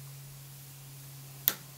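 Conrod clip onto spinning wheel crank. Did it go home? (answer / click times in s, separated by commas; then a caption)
yes / 1.5 s. The plastic clip on the wooden footman (conrod) of an Ashford Traditional spinning wheel is pushed firmly onto the end of the metal crank. After a steady low hum, one sharp click sounds at 1.5 s, then fades quickly. The clip is seated on the crank.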